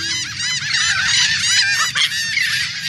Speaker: We're hearing the calls of royal terns.